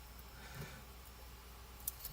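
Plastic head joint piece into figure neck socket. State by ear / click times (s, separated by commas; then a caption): seated / 1.9 s. A small plastic joint piece, the same kind used for the ankles, is pressed down into the neck socket of a Blokees Transformers Shining 03 buildable figure to mount the head. Over a steady low background hum, a sharp, bright click sounds at 1.9 s, with faint ticks around 0.2 s and 2.1 s. The head joint seats in the neck with that click.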